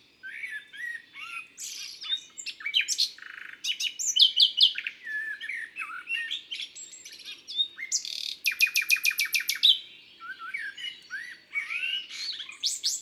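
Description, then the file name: Common nightingale singing a long varied sequence of whistles, buzzy notes and fast rattling trills, with a bright repeated chattering run in the middle. Recorded in Isère, France. "Rossignol-philomele-Concerts-naturels-de-l Isere-Studio-Les-Trois-Becs"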